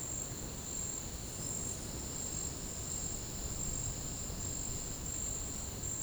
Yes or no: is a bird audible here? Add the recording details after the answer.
no. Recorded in pastures near Puerto Asís, Putumayo, Colombia, on 12 March 2025 at 10:00. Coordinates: 0.505, -76.324. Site GP08